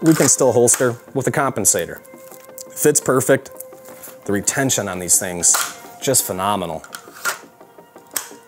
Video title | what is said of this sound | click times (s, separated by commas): Build Your Dream ep.4 (I want to go fast..Glock 17) | I love that audible click that you get with Kydex now | 8.2 s